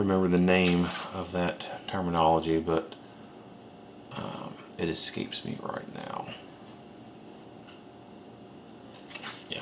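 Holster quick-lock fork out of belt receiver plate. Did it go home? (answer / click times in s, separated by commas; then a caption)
released / 9.5 s. A Safariland QLS quick-lock fork on a holster is released from its belt receiver plate while someone talks. After a stretch of quiet handling, a sharp click at 9.5 s marks the fork unclicking easily from the receiver.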